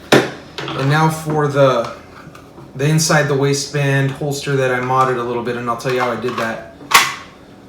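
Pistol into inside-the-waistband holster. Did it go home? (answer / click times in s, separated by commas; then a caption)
yes / 6.9 s. A pistol, a Glock 19 per the context, is pushed into a modified inside-the-waistband holster while someone talks. A sharp click at 7.0 s marks the pistol seating with a positive click into the holster.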